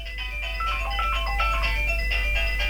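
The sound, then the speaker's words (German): A mobile phone rings with a tinny, melodic song ringtone, bright looping notes playing steadily at moderate volume over a low background hum, with no one talking. “Nein, du hast ein Telefon. Und das klingelt sogar.”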